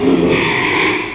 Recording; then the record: squeal of a Yucatan mini pig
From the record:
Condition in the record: after surgery on the right vocal fold (resection and tissue-engineered implant); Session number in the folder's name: 1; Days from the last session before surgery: 6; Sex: male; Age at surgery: 12 weeks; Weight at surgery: 13 kg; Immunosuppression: cyclosporine, prednisolone